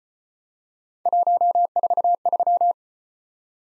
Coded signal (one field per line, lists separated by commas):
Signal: Morse code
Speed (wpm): 33 wpm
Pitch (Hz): 700 Hz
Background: none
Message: 143